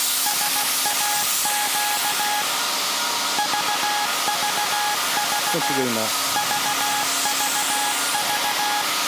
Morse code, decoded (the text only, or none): SAQ VVV VVV